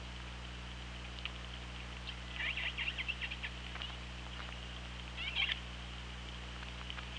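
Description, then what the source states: Killer whale pulsed calls recorded underwater, two bursts of rapid buzzy pulses a few seconds apart over steady low electrical hum and faint clicks. Recorded by OrcaLab hydrophone on 24 August 2017 at 17:47.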